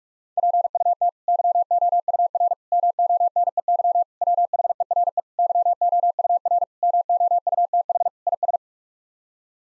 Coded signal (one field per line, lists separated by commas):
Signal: Morse code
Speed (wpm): 46 wpm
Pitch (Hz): 700 Hz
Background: none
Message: PUT YOUR MONEY WHERE YOUR MOUTH IS